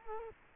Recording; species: mosquito wingbeat signal from an infrared sensor; Culex quinquefasciatus